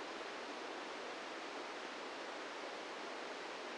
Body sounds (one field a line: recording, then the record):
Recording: brain microelectrode recording played as sound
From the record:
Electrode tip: inside the subthalamic nucleus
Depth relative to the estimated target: 0 mm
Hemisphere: right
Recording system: NeuroSet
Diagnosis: Parkinson's disease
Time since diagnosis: 17 years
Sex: male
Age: 64 years